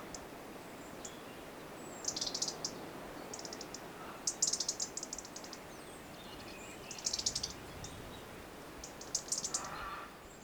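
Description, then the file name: European robin uttering repeated short bursts of high, thin notes, with soft background hiss and a faint lower note near the end. "Erithacus rubecula"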